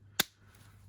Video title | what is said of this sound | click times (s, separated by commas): Jaguar Land Rover Key Fob Remote How to Change Battery - Range Rover, Discovery, F-Pace & More | And there you go. That's all snapped back into place there. | 0.2 s